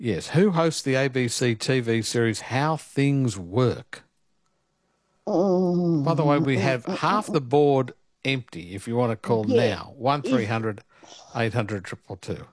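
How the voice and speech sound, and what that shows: An adult man speaks clearly and fluently, reading a quiz question and a phone number in ordinary speech.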